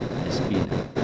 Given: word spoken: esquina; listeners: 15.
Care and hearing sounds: one Spanish word in noise, from a listening test; noise modulated by three-talker babble; -4.5 dB; 5 of 15; 9 of 15; 0.64 s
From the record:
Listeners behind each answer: 9, 5, 1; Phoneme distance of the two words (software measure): 20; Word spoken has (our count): 3 syllables, 6 phonemes, stress on syllable 2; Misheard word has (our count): 3 syllables, 6 phonemes, stress on syllable 2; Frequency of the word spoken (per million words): 34.22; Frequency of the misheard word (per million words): 7.61

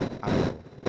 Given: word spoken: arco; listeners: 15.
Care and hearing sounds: one Spanish word in noise, from a listening test; noise modulated by one talker; -12.7 dB; 0 of 15; 8 of 15; 0.49 s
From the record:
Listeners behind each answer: 8, 2, 2, 1, 1, 1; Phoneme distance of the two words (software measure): 20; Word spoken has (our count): 2 syllables, 4 phonemes, stress on syllable 1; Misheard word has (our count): 2 syllables, 4 phonemes, stress on syllable 1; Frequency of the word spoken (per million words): 27.08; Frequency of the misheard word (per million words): 563.71

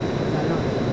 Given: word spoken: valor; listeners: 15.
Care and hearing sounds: one Spanish word in noise, from a listening test; speech-shaped noise; -4.1 dB; 3 of 15; 6 of 15; 0.53 s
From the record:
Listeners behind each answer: 6, 3, 2, 1, 1, 1, 1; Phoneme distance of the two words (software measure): 10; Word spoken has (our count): 2 syllables, 5 phonemes, stress on syllable 2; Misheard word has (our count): 2 syllables, 5 phonemes, stress on syllable 2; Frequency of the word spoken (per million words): 171.12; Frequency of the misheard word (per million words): 23.22

